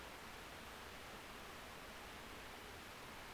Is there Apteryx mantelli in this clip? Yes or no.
no